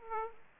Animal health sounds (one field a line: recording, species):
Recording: mosquito wingbeat signal from an infrared sensor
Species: Aedes aegypti